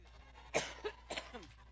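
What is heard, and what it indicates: Three or four sharp, harsh coughs in quick succession from an adult woman, during a speech at a public event. They are part of a repeated coughing fit that she attributes to allergies.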